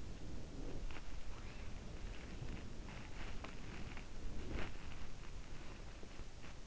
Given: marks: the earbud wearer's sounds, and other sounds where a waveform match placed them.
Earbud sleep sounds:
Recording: sounds in sleep by an in-ear microphone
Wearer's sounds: body movement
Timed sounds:
0.00-5.42 s: body movement

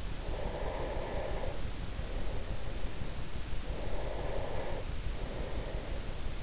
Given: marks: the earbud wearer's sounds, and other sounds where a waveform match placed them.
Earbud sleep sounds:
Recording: sounds in sleep by an in-ear microphone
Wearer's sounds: breath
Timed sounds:
0.24-6.10 s: breath

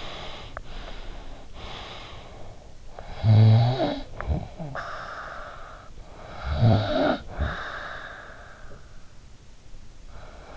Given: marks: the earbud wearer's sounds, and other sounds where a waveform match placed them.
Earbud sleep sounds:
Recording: sounds in sleep by an in-ear microphone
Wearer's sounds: breath, snoring breath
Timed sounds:
0.00-2.84 s: breath
2.84-10.57 s: snoring breath

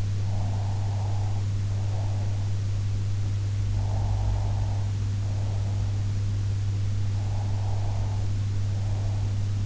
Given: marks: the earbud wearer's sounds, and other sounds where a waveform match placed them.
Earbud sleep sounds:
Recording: sounds in sleep by an in-ear microphone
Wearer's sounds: breath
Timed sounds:
0.15-2.81 s: breath
3.66-6.01 s: breath
6.98-9.66 s: breath

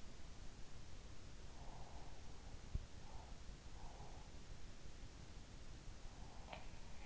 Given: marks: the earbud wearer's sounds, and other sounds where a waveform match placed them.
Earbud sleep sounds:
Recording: sounds in sleep by an in-ear microphone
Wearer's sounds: breath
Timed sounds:
1.34-4.53 s: breath

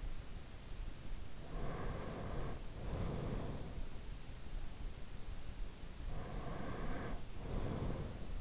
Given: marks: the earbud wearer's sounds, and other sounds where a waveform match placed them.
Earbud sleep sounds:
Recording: sounds in sleep by an in-ear microphone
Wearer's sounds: breath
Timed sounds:
1.41-3.81 s: breath
6.07-8.41 s: breath

